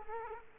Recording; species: mosquito wingbeat signal from an infrared sensor; Culex quinquefasciatus